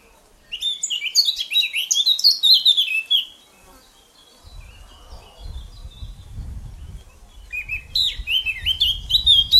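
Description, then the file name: Eurasian blackcap song, a rich fast warble of varied whistled notes for about three seconds, a pause with low rumbling noise, then another warbling phrase begins. "Sylvia atricapilla"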